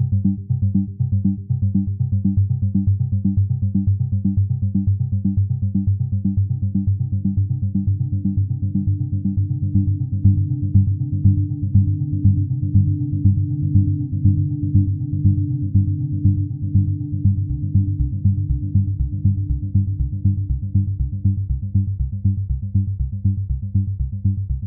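Low, shifting harmonies built on simple ratios, pulsing in rapid, regular beats that run the whole way through. The tones sit deep, with nothing bright above them, and the chord slowly changes color midway. The level stays steady throughout.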